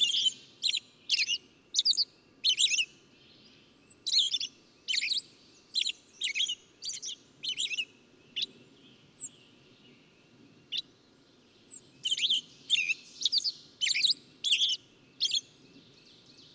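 Bird singing rapid, buzzy high chirps in steady runs, a short pause midway, and a few faint, arching whistles.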